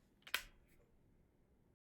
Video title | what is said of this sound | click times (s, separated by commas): Transformers Soundwave, Laserbeak, Ravage & Buzzsaw Studio Series Unboxing & Review | and close the thing up with a satisfying click. | 0.3 s